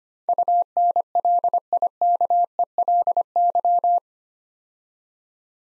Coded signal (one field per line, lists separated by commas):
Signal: Morse code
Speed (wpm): 25 wpm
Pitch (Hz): 700 Hz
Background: none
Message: UNLIKELY